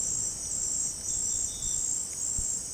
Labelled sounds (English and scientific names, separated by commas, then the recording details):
none
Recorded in dense forest near Puerto Asís, Putumayo, Colombia, on 29 June 2025 at 18:00
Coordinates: 0.503, -76.323
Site G059